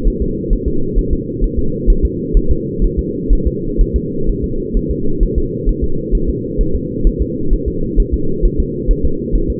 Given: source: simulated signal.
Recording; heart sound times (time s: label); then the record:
fetal heart sounds
0.08 s: S1
0.22 s: S2
0.53 s: S1
0.68 s: S2
0.98 s: S1
1.13 s: S2
1.44 s: S1
1.59 s: S2
1.90 s: S1
2.05 s: S2
2.37 s: S1
2.52 s: S2
2.84 s: S1
2.99 s: S2
3.33 s: S1
3.47 s: S2
3.81 s: S1
3.96 s: S2
4.29 s: S1
4.44 s: S2
4.77 s: S1
4.91 s: S2
5.23 s: S1
5.38 s: S2
5.69 s: S1
5.84 s: S2
6.15 s: S1
6.30 s: S2
6.61 s: S1
6.75 s: S2
7.07 s: S1
7.22 s: S2
7.53 s: S1
7.68 s: S2
8.00 s: S1
8.14 s: S2
8.45 s: S1
8.60 s: S2
8.91 s: S1
9.05 s: S2
9.35 s: S1
9.50 s: S2
From the record:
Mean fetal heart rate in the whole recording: 130 bpm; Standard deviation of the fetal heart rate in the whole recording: 4 bpm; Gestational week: 38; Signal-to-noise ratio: -8.1 dB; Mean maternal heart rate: 72 bpm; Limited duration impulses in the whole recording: absent